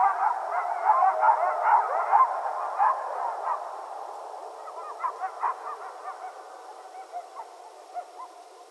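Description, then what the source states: Coyotes in a chorus of yips, wavering howls and yelps, densest in the first three seconds, then thinning to scattered short yips that fade toward the end. Several coyotes; recorded 15 February 2012.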